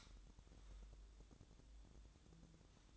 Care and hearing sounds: daily activity, microphone in the room; light on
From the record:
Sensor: 3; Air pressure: 1007.9 hPa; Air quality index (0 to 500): 105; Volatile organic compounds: 1 ppm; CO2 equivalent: 879 ppm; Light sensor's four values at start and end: 9/22/9/9 and 16/44/19/17

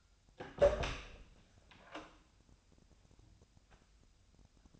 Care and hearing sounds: daily activity, microphone in the room; open door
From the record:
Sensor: 2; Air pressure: 1007.0 hPa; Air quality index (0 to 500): 194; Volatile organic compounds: 12 ppm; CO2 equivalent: 2373 ppm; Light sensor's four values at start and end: 10/23/10/10 and 10/24/10/10

